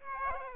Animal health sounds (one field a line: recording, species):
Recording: mosquito wingbeat signal from an infrared sensor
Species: Aedes aegypti